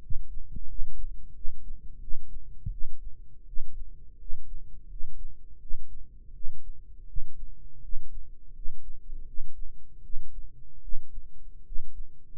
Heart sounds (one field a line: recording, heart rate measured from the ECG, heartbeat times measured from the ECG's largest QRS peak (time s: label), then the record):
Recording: heart sounds by microphone in the right ear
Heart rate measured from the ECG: 82 bpm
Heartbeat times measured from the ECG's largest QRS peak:
0.64 s: heartbeat
1.30 s: heartbeat
1.97 s: heartbeat
2.68 s: heartbeat
3.43 s: heartbeat
4.15 s: heartbeat
4.85 s: heartbeat
5.56 s: heartbeat
6.30 s: heartbeat
7.04 s: heartbeat
7.78 s: heartbeat
8.50 s: heartbeat
9.22 s: heartbeat
9.99 s: heartbeat
10.78 s: heartbeat
11.61 s: heartbeat
12.38 s: heartbeat
From the record:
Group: healthy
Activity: rest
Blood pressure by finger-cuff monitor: 97/54 mmHg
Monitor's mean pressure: 65 mmHg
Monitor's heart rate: 83 bpm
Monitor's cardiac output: 9.1 L/min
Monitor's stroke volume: 111 mL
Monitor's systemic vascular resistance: 510 dyn s/cm5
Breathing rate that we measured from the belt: 15 breaths a minute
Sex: male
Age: 22 years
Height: 185 cm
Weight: 112.4 kg